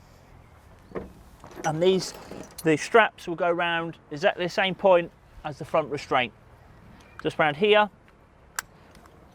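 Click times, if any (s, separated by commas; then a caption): 8.6 s. Someone talks while a rear wheelchair restraint strap is fitted in a VW Caddy wheelchair-accessible vehicle, then the strap's metal tongue is pushed into its buckle on the vehicle floor. One sharp, strong click is heard at 8.6 s as the tongue seats in the buckle.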